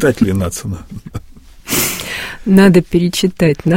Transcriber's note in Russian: смеются